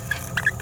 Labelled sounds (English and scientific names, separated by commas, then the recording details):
Green-rumped Parrotlet (Forpus passerinus) babbling
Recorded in a nest box in Venezuela
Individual 18B17A4